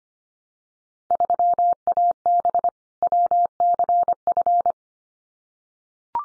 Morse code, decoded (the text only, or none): 3AB WCF